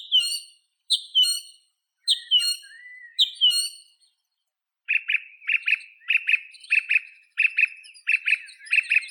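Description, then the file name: Song thrush song: a bright phrase repeated a few times, a pause, then a quick sharp note repeated many times. "Neizvesten - Drozd pevchij Turdus philomelos (Zvyki com)"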